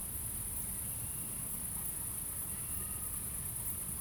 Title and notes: 69610 Aveize, France - Grillons - Crickets. Grillons la nuit, quelques voitures dans le lointain. Crickets at night, cars in the distance